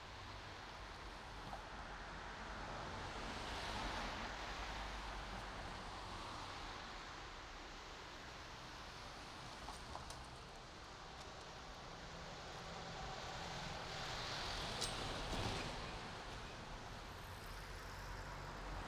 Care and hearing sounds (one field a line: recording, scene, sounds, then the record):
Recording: everyday scene through a hearing-aid microphone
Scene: in traffic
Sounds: traffic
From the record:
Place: main road on the outskirts, rush hour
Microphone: in the ear canal, right